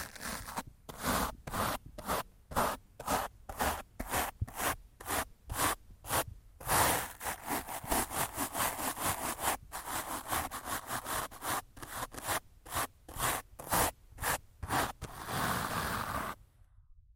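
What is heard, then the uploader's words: Rough scratching and brushing strokes rasp across the microphone in a fast, regular back-and-forth rhythm, each stroke bright. Around seven seconds and again near the end the strokes blur into longer continuous rubbing before stopping abruptly at about sixteen seconds. ASMR Rough Mic Scratching & Brushing (No Talking).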